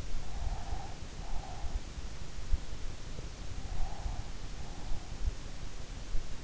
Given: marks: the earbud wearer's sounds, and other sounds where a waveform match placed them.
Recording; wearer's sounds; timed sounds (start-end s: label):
sounds in sleep by an in-ear microphone; breath
0.27-1.89 s: breath
3.45-5.07 s: breath